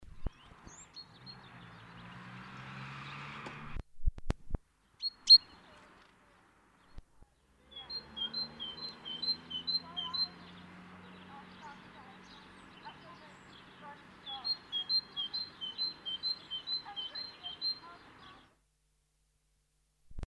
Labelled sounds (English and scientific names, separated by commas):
Great Tit (Parus major) song